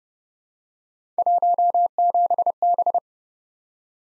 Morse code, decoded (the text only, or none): 17B